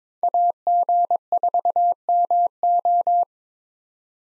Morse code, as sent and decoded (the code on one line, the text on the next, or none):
.- --. ....- -- ---
AG4MO